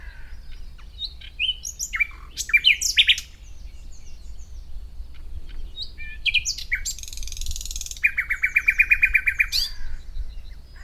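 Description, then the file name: Common nightingale singing varied phrases: sharp chirps and whistles, a buzzy burst, then a long fast trill of repeated notes lasting over a second. "Luscinia megarhynchos"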